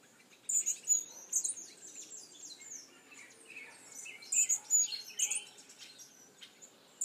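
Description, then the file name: Hummingbird chipping: sharp, high-pitched notes in irregular clusters, mixed with a lively chorus of lower whistles and twitters from other birds. "Colibri"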